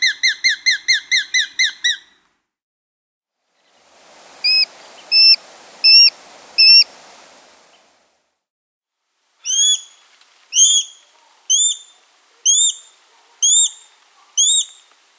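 Sharp-shinned hawk: a fast run of sharp kik notes, then a few slower notes over a hiss, then several spaced sharp calls.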